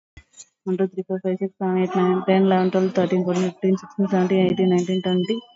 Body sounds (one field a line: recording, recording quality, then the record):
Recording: counting at a fast pace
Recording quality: excellent, no background noise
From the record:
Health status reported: COVID-19 positive, mild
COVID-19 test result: positive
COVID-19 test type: RT-PCR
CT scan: taken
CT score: 9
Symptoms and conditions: cough, fatigue, muscle pain, loss of smell and taste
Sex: female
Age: 55 years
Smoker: no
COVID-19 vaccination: one dose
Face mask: worn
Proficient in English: yes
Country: India